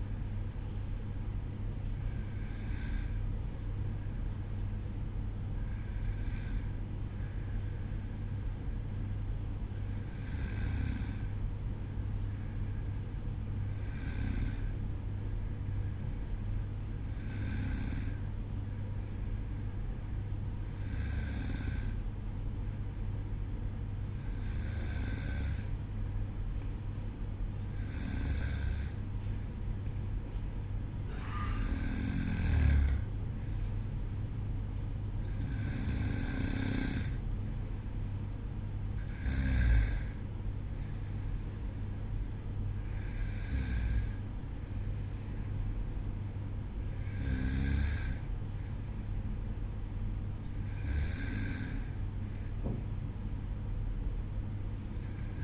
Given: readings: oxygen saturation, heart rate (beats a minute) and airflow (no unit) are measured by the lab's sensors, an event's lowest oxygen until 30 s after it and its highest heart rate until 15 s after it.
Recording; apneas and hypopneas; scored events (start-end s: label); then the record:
breathing in sleep by a smartphone at the bedside; none
none scored
From the record:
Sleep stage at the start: N2 (light sleep); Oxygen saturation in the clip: 93 to 95%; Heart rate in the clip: 52 to 57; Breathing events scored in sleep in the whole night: 305 in 9.6 hours asleep